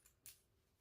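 A zipper pull (slider) is lined up on the zipper tape and teeth of a bag and pushed down onto the zipper, with a faint tick near 0.1 s and a sharp click at 0.3 s. The pull clicks on but is not seated right: there is a bulge because it was put on backwards, so it will be redone.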